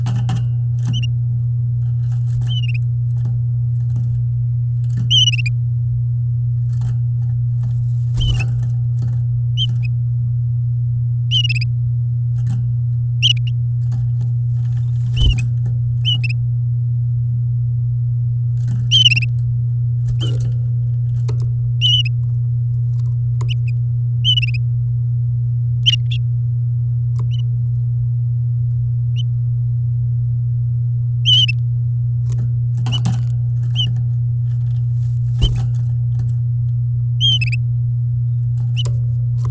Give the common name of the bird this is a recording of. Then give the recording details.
Domestic Canary. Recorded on 8 May 2018 at 08:28. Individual llb16